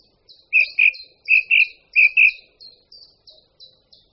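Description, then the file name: Song thrush singing a clear double-note phrase three times over, followed by quieter scattered notes in an otherwise silent background. "Drozd-zpěvný"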